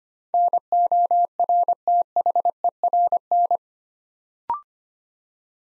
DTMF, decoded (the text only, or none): none